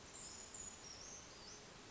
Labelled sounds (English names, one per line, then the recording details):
Brown Creeper
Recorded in Sonoma County, California